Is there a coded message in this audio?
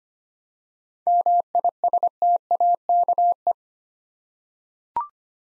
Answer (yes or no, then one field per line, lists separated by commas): yes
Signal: Morse code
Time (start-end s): 1.1-3.5 s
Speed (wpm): 25 wpm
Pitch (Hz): 700 Hz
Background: none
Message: MISTAKE